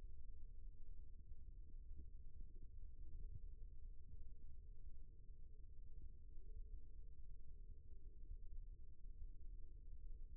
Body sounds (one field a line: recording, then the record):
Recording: forearm muscle sounds (acoustic myography)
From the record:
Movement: rest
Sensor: system 1, eight BSWA MPA416 microphones around the upper forearm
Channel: 7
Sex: male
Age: 18 years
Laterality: right